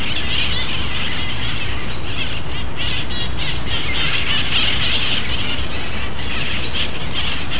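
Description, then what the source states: Parrots squawking and squealing in a busy flock, harsh overlapping screeches running without pause over a steady low rumble. Wild parrots recorded in San Francisco in April 2008.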